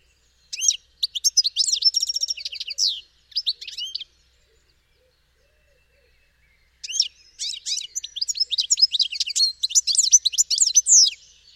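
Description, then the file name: European goldfinch twittering in rapid, jangling phrases, a few seconds of song, a silent gap of nearly three seconds, then a longer lively burst. "Carduelis carduelis"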